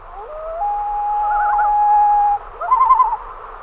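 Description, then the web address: Common loon gives a long, steady, rising wail held for about two seconds, then a short quavering tremolo. "great northern loon"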